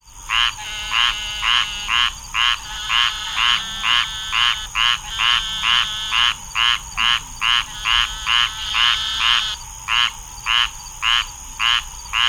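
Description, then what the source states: Squirrel treefrog calling alone, a steady series of short raspy, buzzy notes repeated about twice a second, with a faint high electronic hum behind. Single calling frog.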